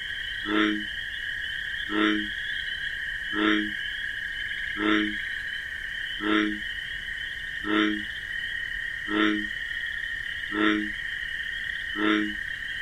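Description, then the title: American bullfrog call, nine short low croaks spaced regularly, set against an unbroken high buzzing cricket chorus. Wetlands at night among marsh grasses; call described as a deep 'jug-o-rum'; crickets chirping in a nocturnal chorus. "Bullfrog Sound. The Wondrous Wetlands"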